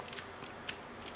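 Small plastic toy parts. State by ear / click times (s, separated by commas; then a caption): not seated / none. A plastic missile is pushed into the launcher on the gun arm of a Transformers ROTF Deluxe Class Bumblebee action figure. Short, light plastic rattles and taps are heard as the parts are handled, with the loudest near the end at about 1.2 seconds. The missile has not clicked into the launcher.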